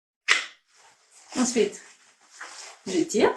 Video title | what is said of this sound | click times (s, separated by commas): PhysioCarrier 1 - Tous les pré-réglages | Here, I’m inserting it carefully and you hear the click. | 0.3 s